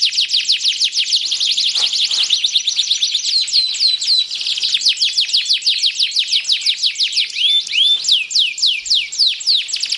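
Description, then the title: Canary pouring out a long, fast series of high descending chirps and trills, varying tempo, with brief clear whistled notes near the end. Belgian canary breed; warm-up song, meant to get canaries singing. "Canto Para Esquentar Canário Belga. SUARA BURUNG : Kenari"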